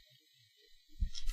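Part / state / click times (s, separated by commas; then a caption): floppy drive into dual drive case / not seated / none. A plastic part of a dual floppy drive case is pushed and fitted by hand, and the floppy drive goes into the dual drive case. Low rustling builds up near 0.9 s, with a faint tap at 1.2 s and a louder plastic knock at 1.3 s. The part does not click into place again, and nothing has seated or clicked yet.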